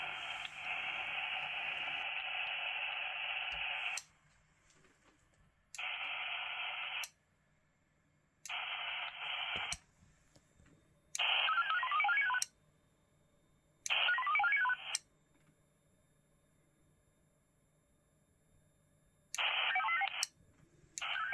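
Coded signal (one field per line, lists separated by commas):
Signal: HF data modem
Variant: VARA HF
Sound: alternating bursts of dense hissing data with short silences, some carrying warbling tone steps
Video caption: [Wireless Winlink session]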